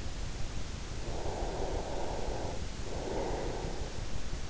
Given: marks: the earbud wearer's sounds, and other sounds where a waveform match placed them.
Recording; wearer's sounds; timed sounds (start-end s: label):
sounds in sleep by an in-ear microphone; breath
1.25-3.76 s: breath